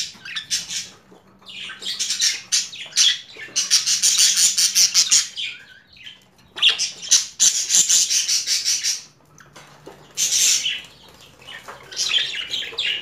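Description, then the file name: Budgerigar harsh chatter, dense scratchy squawks and chirps in several long bursts separated by brief pauses. Female budgerigar; mixed sounds. "Karisik Sesler Disi Muhabbet Kusu Sesi"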